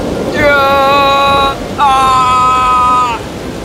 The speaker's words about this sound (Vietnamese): Chẳng mấy chốc, gió thổi mạnh hơn và các đợt sóng bắt đầu chồm lên.